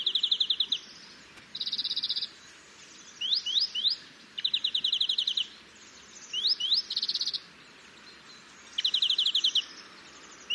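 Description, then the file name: European greenfinch calling with short, rapid buzzy trills alternating with quick rising upslurred notes in groups of two or three, separated by brief pauses over a faint steady hiss. "Chloris chloris"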